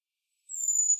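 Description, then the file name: Great tit sounds a single thin, sustained, very high whistle after a moment of silence. "Parus major"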